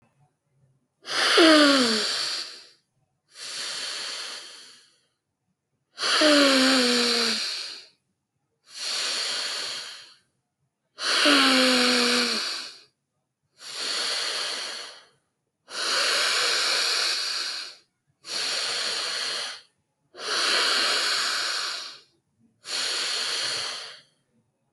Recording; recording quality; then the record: deep breathing; excellent, no background noise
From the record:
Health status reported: exposed to COVID-19, no respiratory illness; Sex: male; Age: 26 years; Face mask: not worn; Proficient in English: yes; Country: India